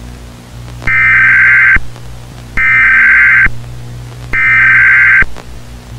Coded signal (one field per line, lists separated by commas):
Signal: Emergency Alert System (SAME) tones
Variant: header bursts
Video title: SCP-386 (EAS VIDEO)